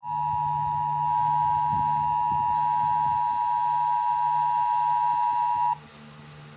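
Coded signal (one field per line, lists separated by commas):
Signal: Emergency Alert System (SAME) tones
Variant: 853 and 960 Hz attention tone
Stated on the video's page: Statewide Indiana Amber Alert.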